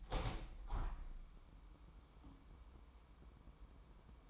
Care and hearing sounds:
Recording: daily activity, microphone in the room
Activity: open window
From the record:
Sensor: 1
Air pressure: 998.6 hPa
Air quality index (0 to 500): 138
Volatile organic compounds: 4 ppm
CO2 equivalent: 1661 ppm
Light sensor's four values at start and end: 10/25/10/13 and 11/26/11/13

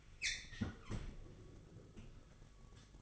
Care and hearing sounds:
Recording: daily activity, microphone in the room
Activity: close fridge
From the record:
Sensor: 4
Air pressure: 1008.6 hPa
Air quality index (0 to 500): 76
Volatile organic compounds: 1 ppm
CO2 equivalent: 635 ppm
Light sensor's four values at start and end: 14/32/13/14 and 16/37/15/15

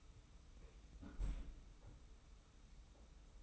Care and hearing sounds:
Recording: daily activity, microphone in the room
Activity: close fridge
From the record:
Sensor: 1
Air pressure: 991.0 hPa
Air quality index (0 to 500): 111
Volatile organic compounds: 116 ppm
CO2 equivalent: 3851 ppm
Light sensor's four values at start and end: 20/47/20/21 and 20/47/19/21

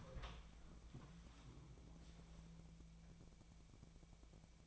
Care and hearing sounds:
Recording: daily activity, microphone in the room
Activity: open door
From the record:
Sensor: 1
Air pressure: 1000.5 hPa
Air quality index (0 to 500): 184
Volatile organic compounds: 4 ppm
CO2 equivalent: 1692 ppm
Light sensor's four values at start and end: 13/30/13/15 and 13/31/13/15

